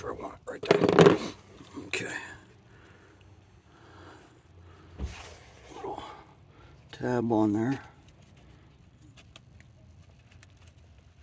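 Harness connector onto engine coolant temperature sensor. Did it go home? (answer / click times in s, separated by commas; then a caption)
no / none. A wiring harness plug with a plastic locking tab is handled onto a new engine coolant temperature sensor while someone talks, with only faint handling noises in between. Nothing has seated or clicked yet by the end of the clip.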